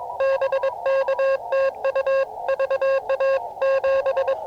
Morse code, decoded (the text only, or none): BK TU VA 7